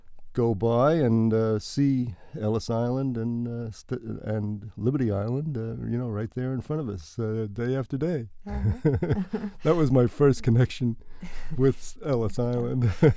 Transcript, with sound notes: go by and see Ellis Island and Liberty Island, you know, right there in front of us, day after day. [Laughter] That was my first connection with Ellis Island.